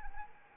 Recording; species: mosquito wingbeat signal from an infrared sensor; Anopheles arabiensis